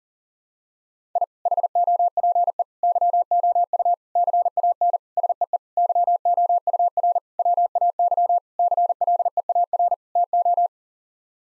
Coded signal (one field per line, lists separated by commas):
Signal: Morse code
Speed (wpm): 40 wpm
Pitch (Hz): 700 Hz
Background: none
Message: I HOPE YOU CAN SEE YOUR WAY CLEAR TO